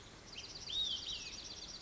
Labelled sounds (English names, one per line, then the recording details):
Olive-sided Flycatcher
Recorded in Sonoma County, California